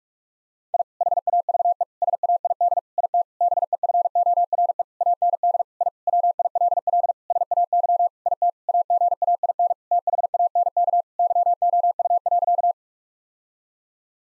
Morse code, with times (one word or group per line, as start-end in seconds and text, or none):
0.7-0.8 I
1.0-1.8 HAVE
2.0-2.8 SAID
3.0-3.2 IT
3.4-4.8 BEFORE
5.0-5.6 AND
5.8-5.9 I
6.1-7.1 WILL
7.3-8.1 SAY
8.3-8.5 IT
8.7-9.7 AGAIN
9.9-11.0 THANK
11.2-12.7 YOU.